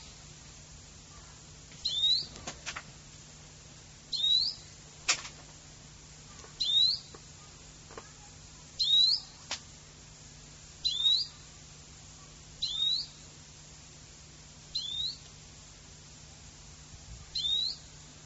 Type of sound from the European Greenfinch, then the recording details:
call. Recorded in the wild. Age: subadult. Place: Lübars, Benekendorffstraße, Berlin, DE. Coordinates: 52.6167, 13.3469. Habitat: residential district. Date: 2003-08-03 17:30. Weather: sunny, 31°C. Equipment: Fair Mate ST-1328 (Asahi Electronics, Japan), Sennheiser ME 80, Kopie Uher 4000 Report Monitor. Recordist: Tembrock, Günter. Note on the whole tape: Vermutlich Diesjähriger: Rufe